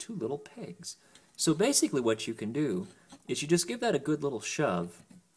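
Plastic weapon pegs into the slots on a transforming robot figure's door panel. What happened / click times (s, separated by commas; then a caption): The plastic part is being handled but has not clicked into place yet / none. A small plastic weapon with two pegs is handled near two tiny slots on the door panel of a transforming robot figure, the Vehicon. Someone talks throughout, with brief pauses. Nothing has seated or clicked yet.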